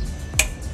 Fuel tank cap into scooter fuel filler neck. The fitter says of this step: nyaman. Terdengar bunyi klik.